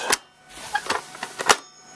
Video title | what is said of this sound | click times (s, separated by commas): Testing a Generic Drum in a Copier | there we go snaps in place and then slide right into | 1.5 s